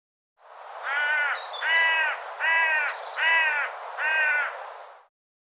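Bird cawing, five harsh rasping calls evenly spaced about one per second, each hoarse and slightly drawn out.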